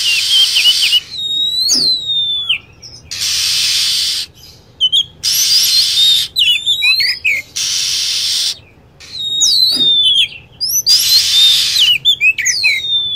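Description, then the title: Lovebird chattering with many sharp, high, descending chirps in busy clusters, alternating with regular blocks of flat hiss. Lure recording used to attract lovebirds. "PIKAT BURUNG LOVEBIRD"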